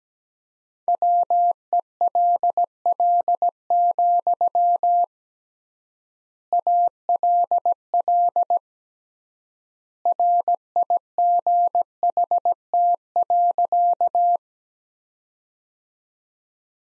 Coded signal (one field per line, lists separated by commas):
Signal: Morse code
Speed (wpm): 17 wpm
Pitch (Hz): 700 Hz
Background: none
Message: WELL, ALL RIGHT.